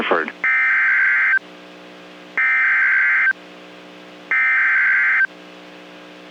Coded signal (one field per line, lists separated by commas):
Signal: Emergency Alert System (SAME) tones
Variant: header bursts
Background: speech